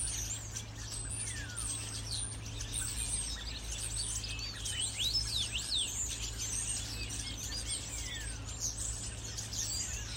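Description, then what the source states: Common starlings chattering and whistling nonstop, thin notes sliding down and up amid squeaks, a continuous low hum in the background. More than one starling.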